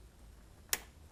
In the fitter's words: it snaps right in